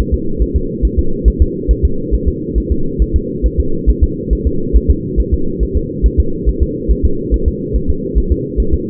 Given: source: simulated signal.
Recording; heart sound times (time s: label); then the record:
fetal heart sounds
0.14 s: S2
0.42 s: S1
0.56 s: S2
0.85 s: S1
0.99 s: S2
1.28 s: S1
1.42 s: S2
1.71 s: S1
1.85 s: S2
2.14 s: S1
2.28 s: S2
2.58 s: S1
2.72 s: S2
3.02 s: S1
3.16 s: S2
3.46 s: S1
3.60 s: S2
3.89 s: S1
4.03 s: S2
4.33 s: S1
4.47 s: S2
4.76 s: S1
4.90 s: S2
5.20 s: S1
5.34 s: S2
5.63 s: S1
5.77 s: S2
6.06 s: S1
6.20 s: S2
6.49 s: S1
6.63 s: S2
6.91 s: S1
7.05 s: S2
7.34 s: S1
7.48 s: S2
7.76 s: S1
7.90 s: S2
8.18 s: S1
8.32 s: S2
8.60 s: S1
8.74 s: S2
From the record:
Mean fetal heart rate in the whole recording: 140 bpm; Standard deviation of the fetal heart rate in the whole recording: 2 bpm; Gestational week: 34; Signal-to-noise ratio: -8.1 dB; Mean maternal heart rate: 72 bpm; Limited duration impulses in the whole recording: absent